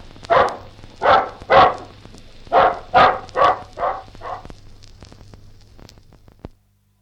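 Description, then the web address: Bulldog giving a run of gruff barks, loud at first and then weakening, before the sound stops; a low hum runs throughout. "BBC Bulldog"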